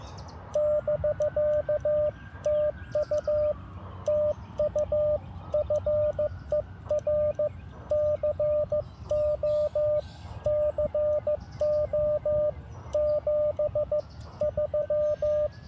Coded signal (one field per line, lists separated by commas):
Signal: Morse code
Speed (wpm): 14 wpm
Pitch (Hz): 590 Hz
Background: radio noise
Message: <BK> TU TU FER CO CO 73